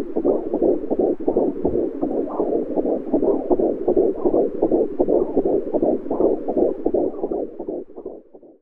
Heartbeat.